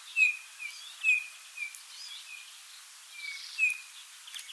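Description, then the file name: Eurasian bullfinch calls: short, soft, piping whistles, slightly falling, given at irregular intervals. "Pyrrhula pyrrhula"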